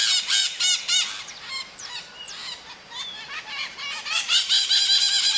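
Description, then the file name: Parrot calls, a busy mix of grating screeches and shorter chattering notes, almost continuous. "Maritaca"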